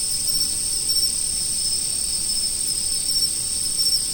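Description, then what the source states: Insect chorus: an unbroken, high, even whining drone in two steady bands, with soft low background noise beneath. Autumn.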